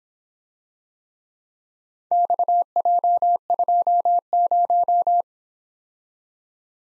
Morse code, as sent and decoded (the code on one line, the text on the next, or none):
-..- .--- ..--- -----
XJ20